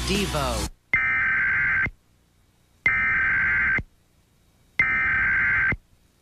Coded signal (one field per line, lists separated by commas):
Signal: Emergency Alert System (SAME) tones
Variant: header bursts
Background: speech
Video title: The Emergency Alert System: 20 Years, 20 Activations